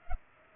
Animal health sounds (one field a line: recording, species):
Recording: mosquito wingbeat signal from an infrared sensor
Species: Culex pipiens